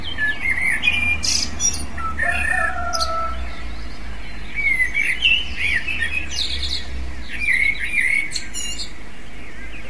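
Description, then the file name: Eurasian blackbird delivering mellow warbled phrases with scratchy high flourishes; a brief lower drawn-out note sounds early on, all over a steady hiss. "merle"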